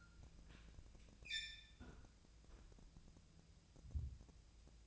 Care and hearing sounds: daily activity, microphone in the room; close fridge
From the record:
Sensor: 2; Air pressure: 999.9 hPa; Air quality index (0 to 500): 119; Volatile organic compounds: 2 ppm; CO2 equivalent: 1021 ppm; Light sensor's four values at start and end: 33/84/36/40 and 33/84/36/40

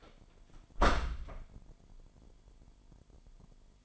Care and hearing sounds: daily activity, microphone in the room; close door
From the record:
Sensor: 5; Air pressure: 998.5 hPa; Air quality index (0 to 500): 82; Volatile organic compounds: 1 ppm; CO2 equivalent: 938 ppm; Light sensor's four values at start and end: 32/78/32/35 and 32/78/32/36

